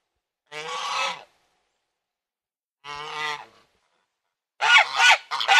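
Domestic goose calls: two drawn-out nasal honks with a pause between, followed by a rapid cluster of harsher, choppy honks.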